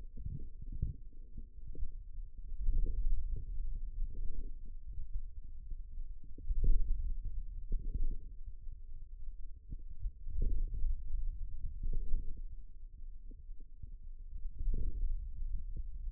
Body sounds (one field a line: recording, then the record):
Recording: forearm muscle sounds (acoustic myography)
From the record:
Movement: hand opening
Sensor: system 2, bracelet of six BSWA MPA416 microphones around the upper forearm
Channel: 4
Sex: male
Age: 22 years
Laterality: right